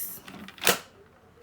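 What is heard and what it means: A plastic handle section of a Bissell Powerforce Powerbrush Pet Carpet Cleaner is pushed into the back socket of the cleaner base. A few faint scraping ticks come at about 0.3 to 0.5 s, then one sharp, bright click at 0.7 s. The click confirms the handle is seated in the base.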